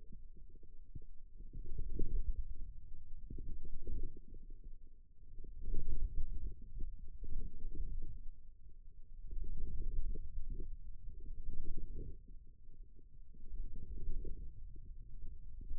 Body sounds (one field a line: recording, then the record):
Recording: forearm muscle sounds (acoustic myography)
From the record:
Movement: radial deviation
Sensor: system 2, bracelet of six BSWA MPA416 microphones around the upper forearm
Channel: 4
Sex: male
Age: 22 years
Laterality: right